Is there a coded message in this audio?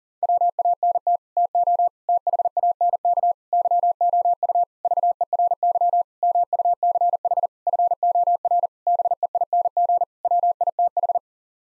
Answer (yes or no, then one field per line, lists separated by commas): yes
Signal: Morse code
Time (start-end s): 0.2-11.2 s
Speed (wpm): 40 wpm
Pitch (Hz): 700 Hz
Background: none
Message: WANT TO THANK YOU VERY MUCH FOR BEING WITH